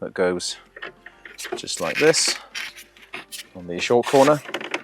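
A small web brace is handled at the short corner of a folding frame, about to be pushed in to square the frame and form a sturdy corner block. Someone talks while a few brief, sharp handling knocks sound near the end. Nothing has clicked or seated yet.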